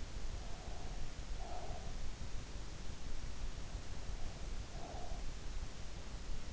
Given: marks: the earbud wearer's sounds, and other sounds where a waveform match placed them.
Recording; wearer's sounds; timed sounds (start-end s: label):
sounds in sleep by an in-ear microphone; breath
0.40-2.06 s: breath
4.04-5.31 s: breath